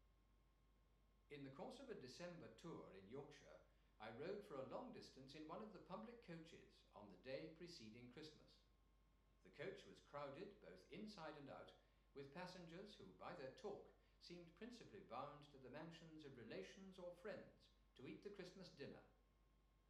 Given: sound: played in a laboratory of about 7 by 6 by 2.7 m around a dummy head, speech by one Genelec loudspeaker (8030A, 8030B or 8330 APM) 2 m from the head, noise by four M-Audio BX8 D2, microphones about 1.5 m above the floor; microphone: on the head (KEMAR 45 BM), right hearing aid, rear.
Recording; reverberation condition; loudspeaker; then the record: male speech in English; medium; 90 degrees to the right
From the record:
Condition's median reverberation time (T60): about 510 ms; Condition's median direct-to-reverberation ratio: about -0.5 dB